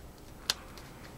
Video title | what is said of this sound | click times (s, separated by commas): Switcheasy Rebel Serpent vs Capsule Rebel iPhone 3G Review | Just push it forward and it snaps right in. | 0.5 s